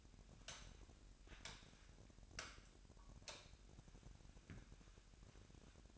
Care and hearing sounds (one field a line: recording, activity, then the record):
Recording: daily activity, microphone in the room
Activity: light on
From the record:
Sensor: 2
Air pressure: 1011.8 hPa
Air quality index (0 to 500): 214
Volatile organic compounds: 3 ppm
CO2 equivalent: 1504 ppm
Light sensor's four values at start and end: 11/26/11/12 and 16/43/18/18